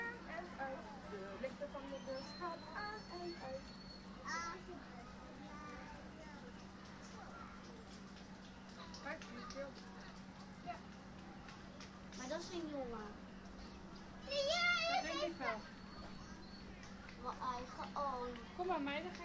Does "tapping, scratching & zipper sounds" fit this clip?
no